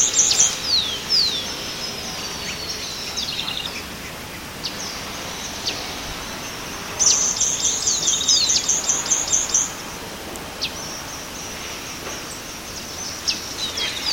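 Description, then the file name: White-throated hummingbird song: thin, very high chittering trills and descending squeaky notes in bursts, with a long rapid buzzy trill in the middle. Recorded at Punta Ballena, Uruguay, on 21 August 2014. "Leucochloris-albicollis-Pt Ballena-UY-21-8-14-ASilveira"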